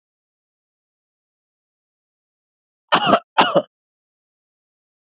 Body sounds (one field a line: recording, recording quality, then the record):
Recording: shallow breathing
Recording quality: excellent, no background noise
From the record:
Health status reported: exposed to COVID-19, no respiratory illness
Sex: male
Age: 30 years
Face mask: worn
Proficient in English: yes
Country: India